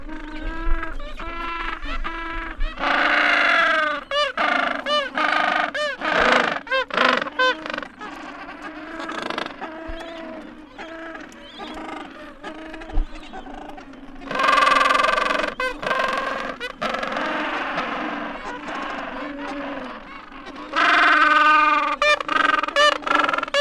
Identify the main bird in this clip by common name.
Gentoo Penguin